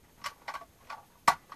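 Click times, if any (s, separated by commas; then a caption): 1.3 s. Folded plastic parts are pressed onto the body of a Transformers Armada Unicron figure during its change to planet mode. Light plastic ticks at about 0.3, 0.5, 0.9 and 1.5 seconds surround a sharp, loud click at 1.3 seconds as the parts seat in place on the figure.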